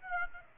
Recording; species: mosquito wingbeat signal from an infrared sensor; Aedes aegypti